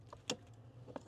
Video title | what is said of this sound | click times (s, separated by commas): Pajero NP Throttle Controller Install + Test (Gen 3 NP 2004 - 2006) | There you go. You heard the click. | 0.3 s